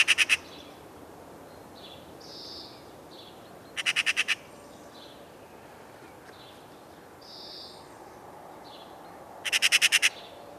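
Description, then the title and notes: Eurasian magpie uttering short harsh rattling bursts of several notes, three times. "Viikon luontoääni: Harakka. Juha Laaksonen"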